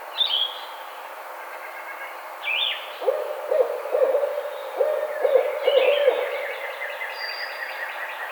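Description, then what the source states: Barred owl hooting in a series of low notes after a quieter start, with higher squealing sounds mixed in. 2009-05-04.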